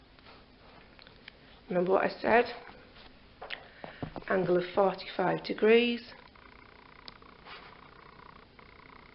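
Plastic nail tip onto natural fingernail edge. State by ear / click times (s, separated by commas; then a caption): seated / 7.1 s. A plastic nail tip with a thin coat of glue is angled at 45 degrees and slid onto the edge of a natural fingernail while someone talks. In the quiet after the talking, a sharp click at 7.1 seconds marks the tip seating against the nail edge. The tip is then pressed straight down and held.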